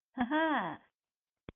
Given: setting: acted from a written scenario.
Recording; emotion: vocal sound without words; interest